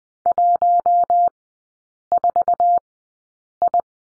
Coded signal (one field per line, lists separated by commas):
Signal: Morse code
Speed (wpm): 20 wpm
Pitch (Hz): 700 Hz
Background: none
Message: 14I